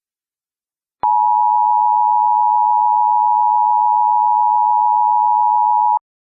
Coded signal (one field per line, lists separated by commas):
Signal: Emergency Alert System (SAME) tones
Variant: 853 and 960 Hz attention tone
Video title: EAS Scenario: Absolutely Radioactive Part 5